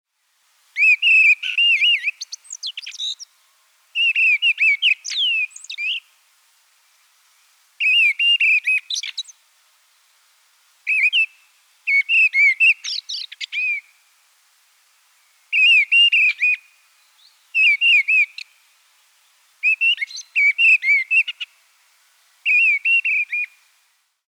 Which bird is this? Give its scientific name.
Turdus viscivorus